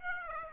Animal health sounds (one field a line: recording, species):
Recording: mosquito wingbeat signal from an infrared sensor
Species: Aedes aegypti